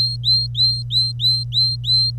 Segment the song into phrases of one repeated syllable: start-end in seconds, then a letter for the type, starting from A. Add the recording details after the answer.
0.00-2.10 A. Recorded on 25 April 2018 at 06:09. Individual llb3